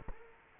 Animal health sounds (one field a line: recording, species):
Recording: mosquito wingbeat signal from an infrared sensor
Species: Culex quinquefasciatus